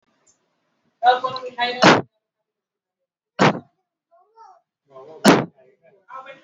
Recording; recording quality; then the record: shallow voluntary cough; excellent, no background noise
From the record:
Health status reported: healthy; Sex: male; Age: 20 years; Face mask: not worn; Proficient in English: yes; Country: India